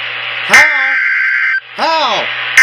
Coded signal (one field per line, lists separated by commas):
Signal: Emergency Alert System (SAME) tones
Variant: header bursts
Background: speech